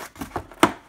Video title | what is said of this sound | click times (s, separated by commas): Functional FPV: 1200mm flying wing C1-Chaser | top here, so it just clicks in place, and | 0.6 s